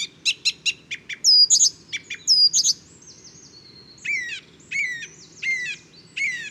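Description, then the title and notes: Song thrush song opening with a rapid series of repeated sharp notes, then whistled and trilled phrases, each motif given several times with brief gaps between. Male at dawn just after daybreak, 12 February 2019, Bois de Château Serein; inventive, varied, virtuoso song; recorded with Nagra Seven and Telinga Pro7. "Bois de chateau serein. j&#39;enregistre une magnifique Grive musicienne"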